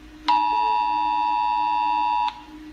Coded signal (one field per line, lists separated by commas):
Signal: Emergency Alert System (SAME) tones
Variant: 853 and 960 Hz attention tone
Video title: Rating EAS alarms part 3 of 4(I wanted to express my opinion)